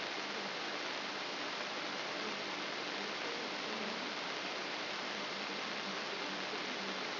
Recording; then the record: brain microelectrode recording played as sound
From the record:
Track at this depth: outside the subthalamic nucleus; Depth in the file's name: 6.301 mm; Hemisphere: left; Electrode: 3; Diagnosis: Parkinson's disease